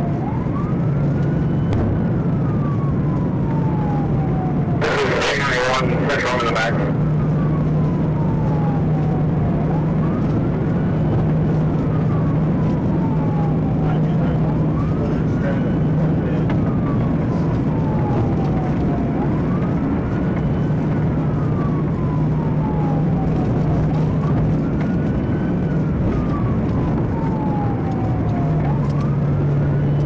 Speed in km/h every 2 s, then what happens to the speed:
148, 150, 155, 155, 158, 158, 158, 158, 159, 159, 155, 156, 159, 156, 147.
0-25 steady at about 158. 25-27 brakes to 147.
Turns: none.